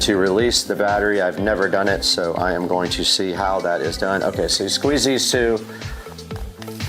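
Someone talks over background music while squeezing the two side tabs on a DeWalt 20-volt battery pack on a cordless drill, trying to release it. Only faint, quiet handling sounds follow near the end. The battery does not come off, and nothing has released or clicked yet.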